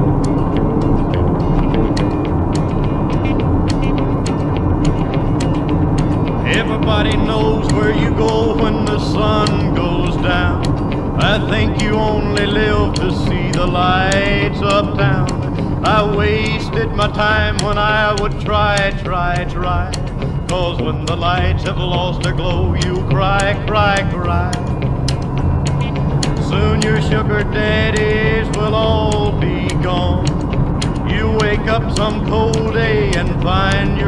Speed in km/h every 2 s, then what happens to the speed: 62, 61, 61, 59, 51, 50, 47, 42, 31, 22, 23, 28, 34, 37, 39, 38, 35.
0-7 steady at about 61. 7-18 slows to 22. 20-25 speeds up to 37. 25-34 steady at about 37.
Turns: 24-34.